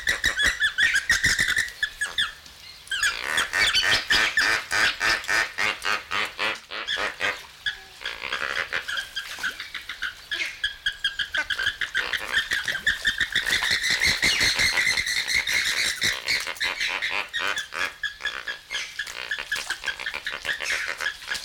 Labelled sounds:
Puna Ibis
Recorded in captivity
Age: adult
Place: Zoo Berlin, Berlin, DE
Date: 1994-01-08
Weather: wolkig bis sonnig, 6 °C
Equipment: Marantz CP 430, Sennheiser MKH 416 T, Kopie Uher Variocord 263
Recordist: Tembrock, Günter

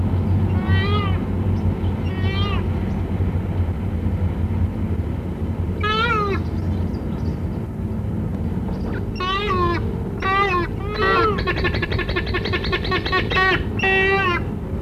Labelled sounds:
Yellow-casqued Hornbill call
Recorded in captivity
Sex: diverse
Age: adult
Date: 1962-08-10
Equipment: Halbspur, 9,5 cm/s
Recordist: Lütgens, Hans
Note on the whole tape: Rufreihen vom Männchen, Kurzrufe vom Weibchen

